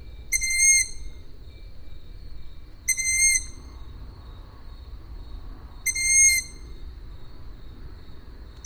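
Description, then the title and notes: Owl calls: high, level whistles about half a second long, repeated roughly every three seconds, with quiet low hum between them. Several owls, recorded at Židlochovice. "Sovy, Židlochovice, natočeno. Sovy v Židlochovicích, nahrál Tomáš Šenkyřík"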